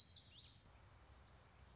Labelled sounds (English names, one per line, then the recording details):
Common Yellowthroat
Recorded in Sonoma County, California